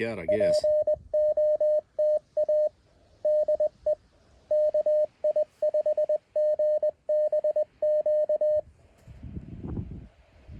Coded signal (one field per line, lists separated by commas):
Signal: Morse code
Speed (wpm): 21 wpm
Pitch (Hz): 610 Hz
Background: speech, radio noise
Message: POTA DE KI5GBQ